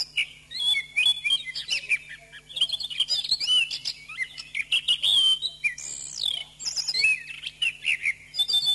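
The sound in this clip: Thrush song: a dense, rapid run of high whistled and twittering notes with few pauses, over a faint steady low hum.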